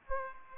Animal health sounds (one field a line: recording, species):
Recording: mosquito wingbeat signal from an infrared sensor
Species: Aedes aegypti